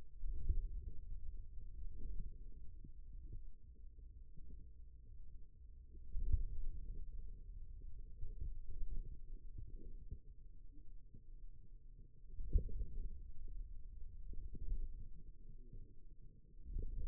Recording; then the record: forearm muscle sounds (acoustic myography)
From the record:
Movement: hand closing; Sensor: system 2, bracelet of six BSWA MPA416 microphones around the upper forearm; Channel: 3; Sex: male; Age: 22 years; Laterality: right